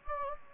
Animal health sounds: mosquito wingbeat signal from an infrared sensor; Anopheles gambiae

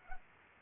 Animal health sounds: mosquito wingbeat signal from an infrared sensor; Anopheles arabiensis

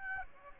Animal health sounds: mosquito wingbeat signal from an infrared sensor; Aedes aegypti

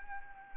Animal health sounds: mosquito wingbeat signal from an infrared sensor; Anopheles arabiensis

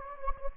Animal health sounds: mosquito wingbeat signal from an infrared sensor; Anopheles gambiae

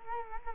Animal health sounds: mosquito wingbeat signal from an infrared sensor; Culex quinquefasciatus

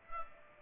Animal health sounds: mosquito wingbeat signal from an infrared sensor; Culex pipiens

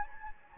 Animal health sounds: mosquito wingbeat signal from an infrared sensor; Anopheles gambiae

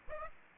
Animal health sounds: mosquito wingbeat signal from an infrared sensor; Aedes aegypti

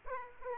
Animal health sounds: mosquito wingbeat signal from an infrared sensor; Aedes aegypti

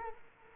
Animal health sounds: mosquito wingbeat signal from an infrared sensor; Culex quinquefasciatus

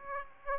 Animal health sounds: mosquito wingbeat signal from an infrared sensor; Aedes aegypti

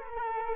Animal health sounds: mosquito wingbeat signal from an infrared sensor; Culex quinquefasciatus

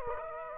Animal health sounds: mosquito wingbeat signal from an infrared sensor; Aedes aegypti

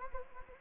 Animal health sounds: mosquito wingbeat signal from an infrared sensor; Anopheles gambiae

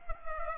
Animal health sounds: mosquito wingbeat signal from an infrared sensor; Culex pipiens

